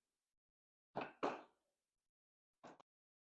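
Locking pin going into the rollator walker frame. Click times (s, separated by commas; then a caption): 1.0 s. Metal locking pins are pushed down into a Homland rollator walker frame after the part is lined up; the pins are super loose and pop easily into place. A short burst at 1.0 s, followed by a second at about 1.2 s and a faint double tap near 2.6–2.8 s, marks the pin seating with a click at 1.0 s, leaving the walker assembled.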